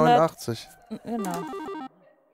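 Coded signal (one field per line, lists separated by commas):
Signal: none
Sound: game music notes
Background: speech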